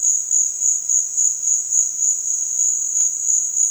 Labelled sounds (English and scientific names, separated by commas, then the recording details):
none
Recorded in dense forest near Puerto Asís, Putumayo, Colombia, on 27 June 2025 at 16:00
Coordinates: 0.468, -76.322
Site GP03